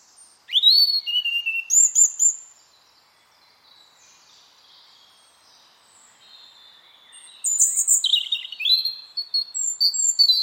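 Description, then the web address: Bird song: high sweeping whistled notes and bright chirps in a burst at the start, a quiet pause, then a second run of varied twittering phrases. "cianscape birddata Deverinetal 2025 File origin Bird Only Er Ru Er Ru"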